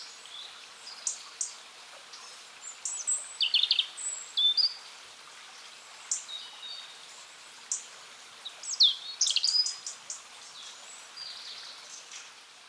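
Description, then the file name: European robin song, high tinkling phrases of thin sliding notes coming in bursts with pauses, a soft steady hiss underneath. "Erithacus rubecula"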